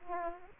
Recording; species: mosquito wingbeat signal from an infrared sensor; Aedes aegypti